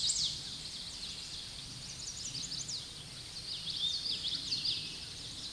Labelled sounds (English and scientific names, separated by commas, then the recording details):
Common Yellowthroat (Geothlypis trichas) song
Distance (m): 20 m
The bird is about 5 m above the microphone
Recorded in a Pennsylvania forest on 16 May 2024 at 06:52
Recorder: AudioMoth, point MSD-2417
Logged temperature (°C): 16.4 °C
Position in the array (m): 85 m, 83 m